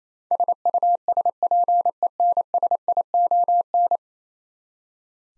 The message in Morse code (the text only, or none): SUSPENSION